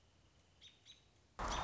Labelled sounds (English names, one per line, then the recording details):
American Robin
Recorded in Sonoma County, California